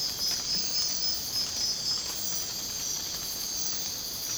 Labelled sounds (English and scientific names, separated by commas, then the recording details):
none
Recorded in secondary vegetation near Puerto Asís, Putumayo, Colombia, on 27 June 2025 at 04:00
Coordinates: 0.484, -76.319
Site G074